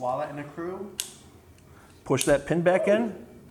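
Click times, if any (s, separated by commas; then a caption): none. A steel rifle takedown pin is being pushed back into the receiver after the upper receiver has been closed onto the lower, while someone talks. A brief sharp tick is heard around 1.6 s, and the clip ends before the pin goes home, so nothing has seated or clicked yet.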